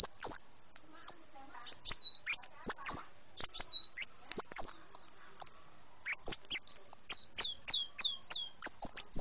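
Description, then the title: Sunbird song: rapid high-pitched chirps and down-slurred notes in quick bursts, with brief pauses between phrases and a few faint clicks. "kicau kolibri"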